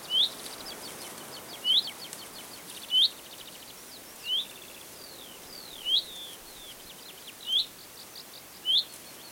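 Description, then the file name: Common chaffinch repeating a clipped, upslurred call note at intervals, with faint twittering of other birds in the background. "Fringilla coelebs"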